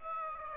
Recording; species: mosquito wingbeat signal from an infrared sensor; Aedes aegypti